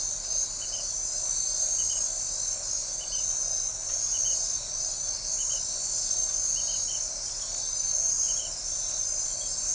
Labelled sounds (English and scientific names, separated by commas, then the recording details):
none
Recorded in forest near Pivijay, Magdalena, Colombia, on 1 June 2023 at 20:00
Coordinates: 10.467, -74.380
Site Z5-G034